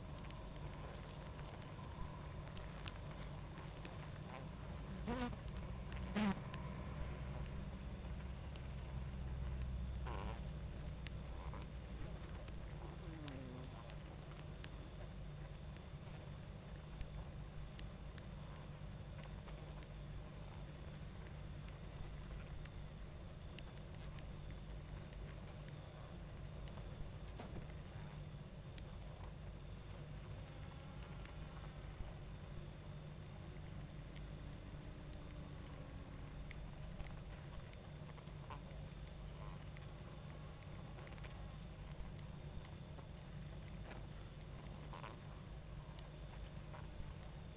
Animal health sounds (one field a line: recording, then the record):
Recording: honeybee colony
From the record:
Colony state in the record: active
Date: 28 July 2017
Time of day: 21:17